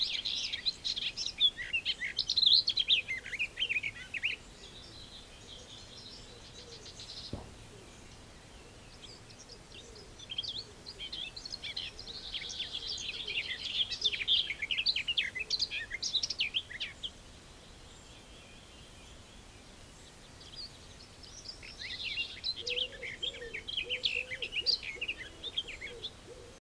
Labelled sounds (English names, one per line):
Garden Warbler song
Common Wood Pigeon